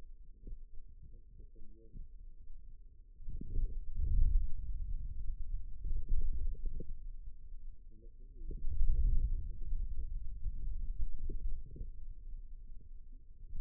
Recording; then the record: forearm muscle sounds (acoustic myography)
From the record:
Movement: wrist flexion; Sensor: system 2, bracelet of six BSWA MPA416 microphones around the upper forearm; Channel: 4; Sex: male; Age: 22 years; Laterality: right